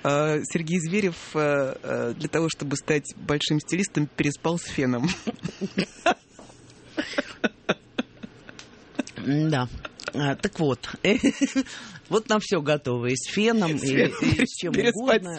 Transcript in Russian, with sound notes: Сергей Зверев для того, чтобы стать большим стилистом, переспал с феном. (все смеются) М-да. Так вот. Вот на все готовы – и с феном, причем с кем угодно.